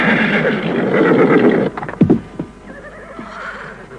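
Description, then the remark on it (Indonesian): A horse whinnies loudly with a long, shrill, wavering neigh that fades into snorts, followed by a few sharp hoof clops on a hard surface. “Tuan-tuan, hamba telah menyiapkan seperangkat pakaian indah dan para prajurit yang cakap dan gagah, serta seekor kuda untuk tuan-tuan.”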